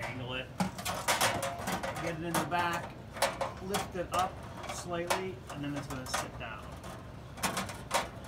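A removable, dishwasher-safe kitchen appliance part is handled at its housing while someone talks: it is angled in, hooked on at the back, lifted slightly and let down, producing light knocks and scrapes. Nothing has seated or clicked yet.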